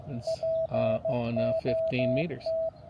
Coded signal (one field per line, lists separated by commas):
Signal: Morse code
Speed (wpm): 16 wpm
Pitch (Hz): 650 Hz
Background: speech, radio noise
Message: POT